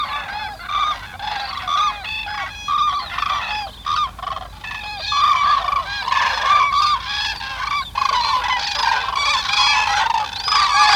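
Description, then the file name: Common cranes calling from a flock, loud overlapping trumpeting and bugling calls with rich harmonics, many birds calling continuously. A colony of cranes. "Kolonie van kraanvogels - Sound Cloud - Beeld en Geluid"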